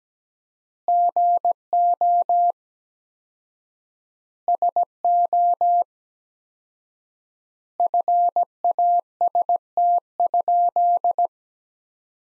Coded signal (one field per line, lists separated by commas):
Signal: Morse code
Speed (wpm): 17 wpm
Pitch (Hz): 700 Hz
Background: none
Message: GO SO FAST?